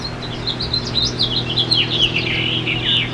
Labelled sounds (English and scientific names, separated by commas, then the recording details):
House Finch (Haemorhous mexicanus) song
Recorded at Moriches on Long Island, New York, on 22 June 2013
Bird B